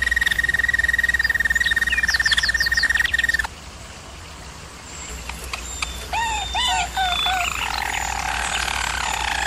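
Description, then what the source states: German Roller canary song opening with a fast, clear trill that stops abruptly, followed after a quiet gap by soft chirps and looping arched notes. German Roller canary singing, used for canary training.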